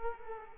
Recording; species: mosquito wingbeat signal from an infrared sensor; Culex quinquefasciatus